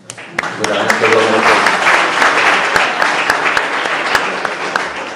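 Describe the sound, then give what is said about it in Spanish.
Sustained audience applause for the attendees themselves at the close of an event, a dense wash of many hands clapping loudly for several seconds, with a few sharper individual claps standing out and some voices murmuring underneath at the start. “Así que bueno, pues un aplauso para vosotros mismos.”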